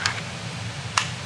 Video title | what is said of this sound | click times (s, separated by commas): Trex Arms Sidecar for P365X Macro | you hear the little click when it goes in | 1.0 s